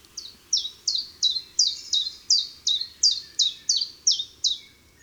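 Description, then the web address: Common chiffchaff song, a steady series of crisp downward-slurred high notes, about three per second, against faint background hiss. Recorded in March. "Mars Le Pouillot veloce. les 4 saisons des chants doiseaux"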